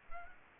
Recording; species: mosquito wingbeat signal from an infrared sensor; Anopheles gambiae